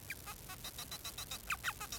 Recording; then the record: song of a male Bengalese finch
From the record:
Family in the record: son of father 4